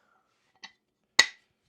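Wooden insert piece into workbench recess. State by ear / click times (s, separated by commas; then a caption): seated / 1.2 s. A freshly bandsawn wooden replacement piece is pressed into the recess of a 24-year-old workbench, where the old piece was. A faint tap at 0.6 s is followed by a sharp, bright snap at 1.2 s as the piece pops into place and seats.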